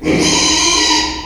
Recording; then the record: squeal of a Yucatan mini pig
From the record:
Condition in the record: after surgery on the right vocal fold (resection and tissue-engineered implant); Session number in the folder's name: 2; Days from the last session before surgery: 13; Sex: male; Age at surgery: 12 weeks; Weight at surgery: 13 kg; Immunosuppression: cyclosporine, prednisolone